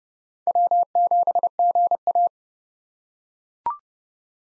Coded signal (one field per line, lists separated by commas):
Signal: Morse code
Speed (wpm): 29 wpm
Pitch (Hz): 700 Hz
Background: none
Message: W7GA